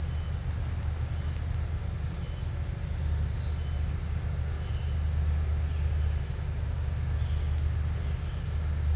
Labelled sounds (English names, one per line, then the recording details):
none
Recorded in dense forest near Puerto Asís, Putumayo, Colombia, on 20 December 2024 at 16:30
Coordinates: 0.468, -76.322
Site G071